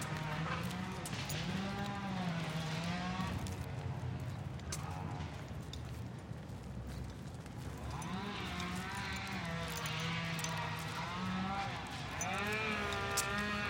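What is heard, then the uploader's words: On a night walk with the dog through a Phoenix neighborhood, long wavering howls rise and fall in pitch, returning in several drawn-out stretches across the clip. A steady rushing noise fills the background throughout, with faint scattered clicks and scuffs. Walking the dog at night through my neighborhood in Phoenix Arizona. Join me and my dog on a cool evening walk around our neighborhood.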